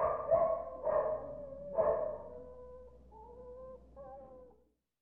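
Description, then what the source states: Dogs barking and whining: three harsh barks in the first two seconds, then a few thin, drawn-out whines until the sound fades. Dogs barking and whining in the distance at kennels.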